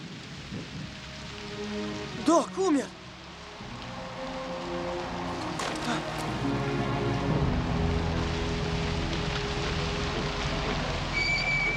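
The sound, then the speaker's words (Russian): Steady rain patters down in a broad, hissing wash that thickens over time, with a few brief tonal cries and a short shout early on, and a low rumble underneath. “Начинается дождь.”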